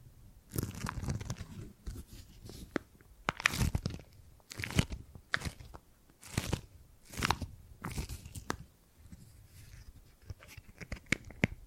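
Gripping and grabbing sounds, made of short crinkly, crunching bursts that come in irregular clusters about once a second. Each grab is a bright, scratchy rustle with a soft low thump underneath, separated by brief quiet gaps, with fainter fiddling toward the end.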